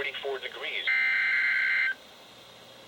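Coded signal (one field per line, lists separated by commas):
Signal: Emergency Alert System (SAME) tones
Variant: header bursts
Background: speech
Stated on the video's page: Real NOAA Weather Radio alerts during a severe weather night, received on several weather radios including a Bearcat BC-W and Midland Weathermax.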